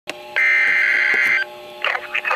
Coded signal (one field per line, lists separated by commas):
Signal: Emergency Alert System (SAME) tones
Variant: header bursts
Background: speech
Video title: Winter Storm Warning (EAS #685)